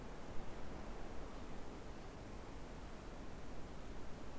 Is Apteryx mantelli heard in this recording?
no